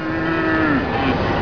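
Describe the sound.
Cow mooing: one steady, low lowing call that dips at the end, over steady background noise.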